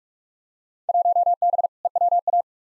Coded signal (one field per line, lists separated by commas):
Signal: Morse code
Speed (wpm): 42 wpm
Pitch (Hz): 700 Hz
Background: none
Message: 1B EWA